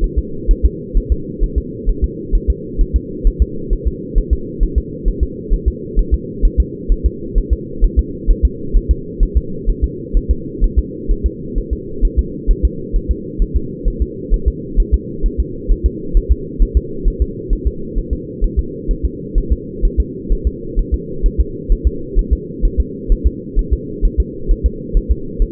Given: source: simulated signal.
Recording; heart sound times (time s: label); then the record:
fetal heart sounds
0.04 s: S1
0.18 s: S2
0.51 s: S1
0.65 s: S2
0.97 s: S1
1.12 s: S2
1.43 s: S1
1.58 s: S2
1.89 s: S1
2.04 s: S2
2.35 s: S1
2.50 s: S2
2.81 s: S1
2.96 s: S2
3.27 s: S1
3.42 s: S2
3.73 s: S1
3.88 s: S2
4.18 s: S1
4.33 s: S2
4.63 s: S1
4.78 s: S2
5.08 s: S1
5.23 s: S2
5.54 s: S1
5.68 s: S2
5.99 s: S1
6.14 s: S2
6.45 s: S1
6.60 s: S2
6.92 s: S1
7.06 s: S2
7.38 s: S1
7.53 s: S2
7.85 s: S1
7.99 s: S2
8.30 s: S1
8.45 s: S2
8.77 s: S1
8.91 s: S2
9.23 s: S1
9.37 s: S2
9.70 s: S1
9.84 s: S2
10.17 s: S1
10.31 s: S2
10.64 s: S1
10.79 s: S2
11.11 s: S1
11.26 s: S2
11.58 s: S1
11.73 s: S2
12.05 s: S1
12.19 s: S2
12.51 s: S1
12.65 s: S2
12.96 s: S1
13.11 s: S2
13.42 s: S1
13.56 s: S2
13.88 s: S1
14.02 s: S2
14.34 s: S1
14.48 s: S2
14.80 s: S1
14.94 s: S2
15.26 s: S1
15.40 s: S2
15.72 s: S1
15.86 s: S2
16.17 s: S1
16.32 s: S2
16.62 s: S1
16.77 s: S2
17.08 s: S1
17.22 s: S2
17.53 s: S1
17.67 s: S2
17.98 s: S1
18.13 s: S2
18.44 s: S1
18.59 s: S2
18.91 s: S1
19.05 s: S2
19.38 s: S1
19.52 s: S2
19.85 s: S1
20.00 s: S2
20.33 s: S1
20.47 s: S2
20.79 s: S1
20.94 s: S2
21.26 s: S1
21.40 s: S2
21.72 s: S1
21.87 s: S2
22.19 s: S1
22.33 s: S2
22.65 s: S1
22.80 s: S2
23.12 s: S1
23.27 s: S2
23.59 s: S1
23.73 s: S2
24.05 s: S1
24.20 s: S2
24.52 s: S1
24.66 s: S2
24.97 s: S1
25.12 s: S2
25.42 s: S1
From the record:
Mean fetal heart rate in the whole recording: 130 bpm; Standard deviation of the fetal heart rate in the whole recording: 2 bpm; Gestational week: 38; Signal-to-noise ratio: -4.3 dB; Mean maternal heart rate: 72 bpm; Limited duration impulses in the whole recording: absent